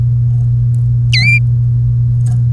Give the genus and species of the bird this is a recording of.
Serinus canaria